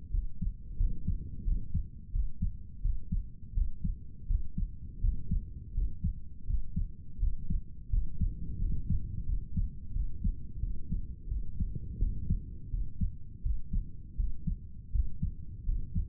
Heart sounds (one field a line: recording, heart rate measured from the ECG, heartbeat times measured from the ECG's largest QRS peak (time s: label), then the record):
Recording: heart sounds by stethoscope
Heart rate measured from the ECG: 85 bpm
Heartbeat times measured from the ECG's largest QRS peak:
0.11 s: heartbeat
0.77 s: heartbeat
1.44 s: heartbeat
2.12 s: heartbeat
2.81 s: heartbeat
3.54 s: heartbeat
4.27 s: heartbeat
5.00 s: heartbeat
5.73 s: heartbeat
6.46 s: heartbeat
7.19 s: heartbeat
7.90 s: heartbeat
8.58 s: heartbeat
9.26 s: heartbeat
9.93 s: heartbeat
10.60 s: heartbeat
11.28 s: heartbeat
11.99 s: heartbeat
12.70 s: heartbeat
13.42 s: heartbeat
14.16 s: heartbeat
14.91 s: heartbeat
15.65 s: heartbeat
From the record:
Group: healthy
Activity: cold pressor test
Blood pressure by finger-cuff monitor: 117/76 mmHg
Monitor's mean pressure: 85 mmHg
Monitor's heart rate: 84 bpm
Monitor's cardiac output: 6.8 L/min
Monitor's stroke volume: 78 mL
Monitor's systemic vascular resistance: 920 dyn s/cm5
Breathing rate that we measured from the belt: 17 breaths a minute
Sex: male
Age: 35 years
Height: 180 cm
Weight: 86.9 kg